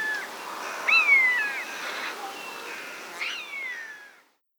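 Buzzard giving a few plaintive downslurred mews, one clearer than the others, against a soft background hiss.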